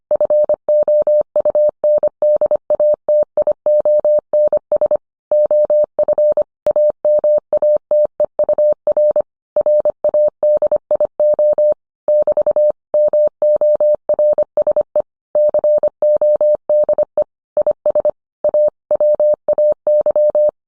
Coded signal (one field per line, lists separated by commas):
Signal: Morse code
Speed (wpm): 25 wpm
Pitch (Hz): 600 Hz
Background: none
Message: FOUNDATIONS OF AMATEUR RADIO <BT> MORSE CODE IS A WAY